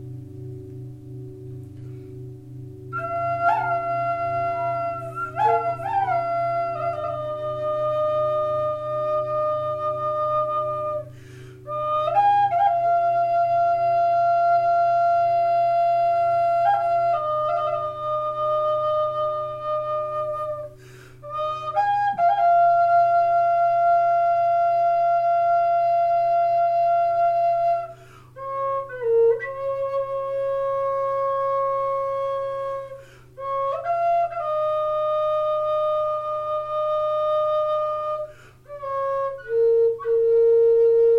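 A singing bowl session: a steady low hum holds underneath the whole time while clear, ringing tones sit above it. The upper tone shifts pitch every few seconds, with brief dips and slides between notes, and keeps sounding almost without pause to the end.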